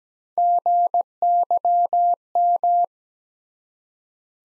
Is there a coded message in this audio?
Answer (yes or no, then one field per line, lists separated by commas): yes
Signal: Morse code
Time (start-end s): 0.4-2.8 s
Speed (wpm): 17 wpm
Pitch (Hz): 700 Hz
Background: none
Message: GYM